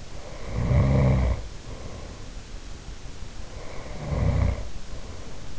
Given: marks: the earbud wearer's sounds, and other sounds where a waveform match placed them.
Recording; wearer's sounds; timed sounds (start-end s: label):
sounds in sleep by an in-ear microphone; snoring breath
0.09-2.40 s: snoring breath
3.40-5.58 s: snoring breath